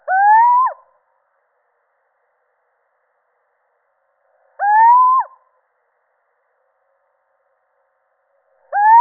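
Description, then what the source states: Little owl calling: a clear, mewing hoot that rises then drops sharply at the end, given twice about four and a half seconds apart, with a third starting at the end. Male.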